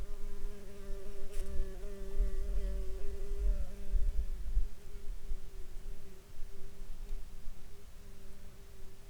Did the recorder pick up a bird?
no